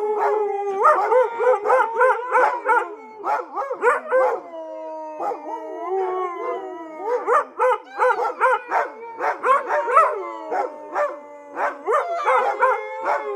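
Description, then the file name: Dogs howling and yelping together, a dense run of tonal, wavering cries that rise and fall quickly, overlapping almost continuously throughout. "Dogs Barking"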